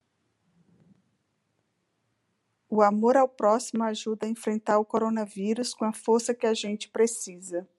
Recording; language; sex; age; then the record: spoken sentence; Brazilian Portuguese; female; 40 to 49 years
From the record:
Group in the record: control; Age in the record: 47 years